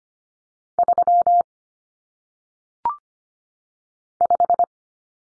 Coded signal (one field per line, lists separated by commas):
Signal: Morse code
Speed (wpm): 25 wpm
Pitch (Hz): 700 Hz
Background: none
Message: 3 5